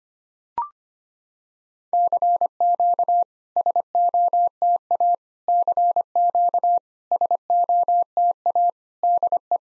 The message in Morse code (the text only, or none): CQ SOTA CQ SOTA DE